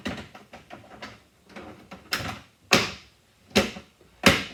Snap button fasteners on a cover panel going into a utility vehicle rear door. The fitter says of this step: Make sure it's all snapped in place.